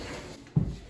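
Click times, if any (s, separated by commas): none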